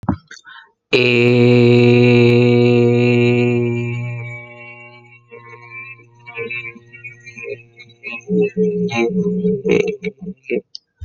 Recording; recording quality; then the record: sustained vowel as in made; excellent, no background noise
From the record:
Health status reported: healthy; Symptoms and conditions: hypertension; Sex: male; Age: 35 years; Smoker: yes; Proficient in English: yes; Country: United States